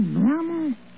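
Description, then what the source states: Dog: puppy giving a single drawn-out whining yelp that dips, rises and then falls away in under a second. Puppy named Clancy.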